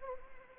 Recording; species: mosquito wingbeat signal from an infrared sensor; Anopheles arabiensis